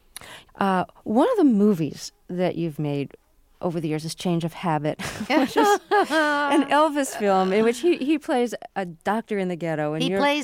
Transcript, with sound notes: One of the movies that you've made over the years is "Change Of Habit"...
(Laughter).
...Which is an Elvis film in which he plays a doctor in the ghetto,